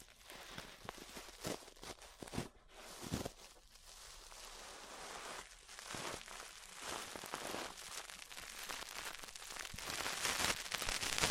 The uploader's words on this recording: ASMR Relaxing 3Dio Ear Brushing (No Talking).